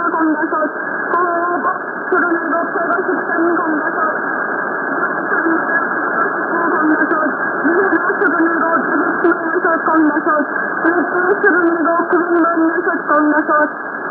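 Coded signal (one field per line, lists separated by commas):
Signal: numbers station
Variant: V28, Korean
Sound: a voice reading steadily over a narrow, muffled shortwave channel with constant hiss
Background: radio static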